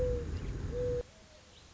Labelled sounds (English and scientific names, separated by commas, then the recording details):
Mourning Dove (Zenaida macroura)
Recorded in Sonoma County, California